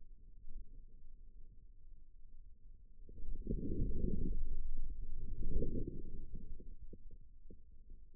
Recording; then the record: forearm muscle sounds (acoustic myography)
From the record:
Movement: inward rotation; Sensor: system 2, bracelet of six BSWA MPA416 microphones around the upper forearm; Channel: 1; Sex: male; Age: 22 years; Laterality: right